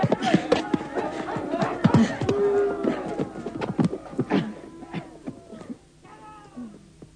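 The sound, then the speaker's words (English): A theatre audience boos a performance of The Importance of Being Earnest, many voices overlapping in long, wavering jeers and catcalls. It is loud and dense at first, then thins to a few scattered calls by the end. “Why are they booing?”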